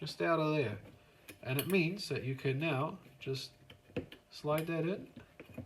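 A small part of an airsoft gearbox is handled after a tiny notch in the gearbox shell has been cleared, ready to be slid into the shell while someone talks. Faint handling taps sound near 5.4 s and 5.7 s. Nothing has seated or clicked into place yet.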